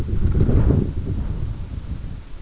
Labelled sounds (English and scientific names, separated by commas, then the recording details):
none
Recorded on Arctic tundra, site EABA-1, on 22 June 2018
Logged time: 14:00